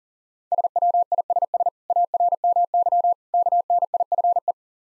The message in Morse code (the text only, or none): SWISS ARMY KNIFE